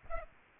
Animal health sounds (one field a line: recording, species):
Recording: mosquito wingbeat signal from an infrared sensor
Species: Aedes aegypti